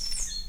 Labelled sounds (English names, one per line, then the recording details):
Stitchbird song
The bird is a male
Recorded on Tiritiri Matangi Island, New Zealand, in 2005
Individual 11, of nest box 13